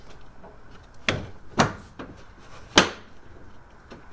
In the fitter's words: Hear that pop? Snapped it right into place. It's locked in.